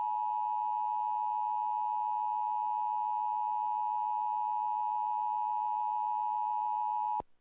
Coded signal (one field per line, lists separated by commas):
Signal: Emergency Alert System (SAME) tones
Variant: 853 and 960 Hz attention tone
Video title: EAS Tornado Warning – WXII-TV 12, Rockingham County, NC (8/12/2004)